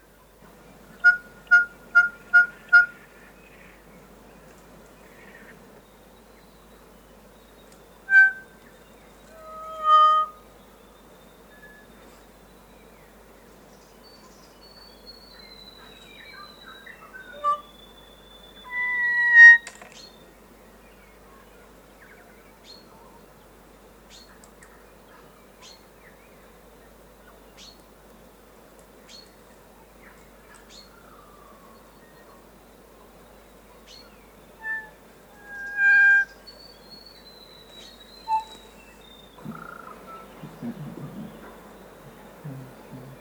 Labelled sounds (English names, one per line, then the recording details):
North Island Kōkako
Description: Kōkako song
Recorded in New Zealand